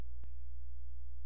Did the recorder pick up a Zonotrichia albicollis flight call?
no